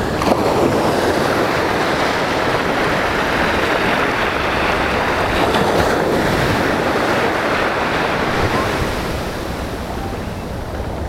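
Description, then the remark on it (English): Loud, steady roar of ocean surf with waves churning and breaking continuously on the shore, heavy wind buffeting the microphone throughout, easing slightly near the end. “This is why you don't turn your back to the ocean.”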